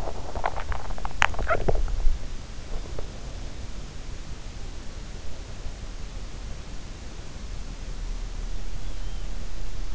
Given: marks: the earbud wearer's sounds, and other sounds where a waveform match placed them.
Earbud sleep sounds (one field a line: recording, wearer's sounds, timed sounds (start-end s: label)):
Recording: sounds in sleep by an in-ear microphone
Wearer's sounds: body movement, teeth grinding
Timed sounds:
0.00-2.15 s: body movement
0.40-1.97 s: teeth grinding